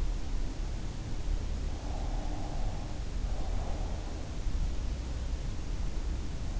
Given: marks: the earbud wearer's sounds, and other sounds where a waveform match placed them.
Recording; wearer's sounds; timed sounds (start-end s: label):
sounds in sleep by an in-ear microphone; breath
1.76-4.17 s: breath